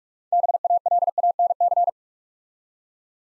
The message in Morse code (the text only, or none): BALANC